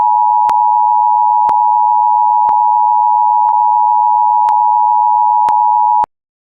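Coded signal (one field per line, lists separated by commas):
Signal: Emergency Alert System (SAME) tones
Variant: 853 and 960 Hz attention tone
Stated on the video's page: Fictional Emergency Action Notification mock inspired by the Red Dawn film.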